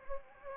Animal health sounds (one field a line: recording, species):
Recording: mosquito wingbeat signal from an infrared sensor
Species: Anopheles gambiae